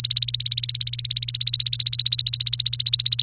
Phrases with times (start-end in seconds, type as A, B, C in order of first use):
0.00-3.22 A